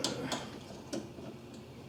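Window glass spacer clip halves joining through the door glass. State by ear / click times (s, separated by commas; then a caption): not seated / none. Two plastic window glass spacer halves, one with a metal insert, are handled on the back and front of a Ford Ranger door window glass during a window replacement, ready to be pushed together through the glass. A few light, sharp ticks of handling are heard, the strongest right at the start, over a quiet background. Nothing has seated or clicked yet.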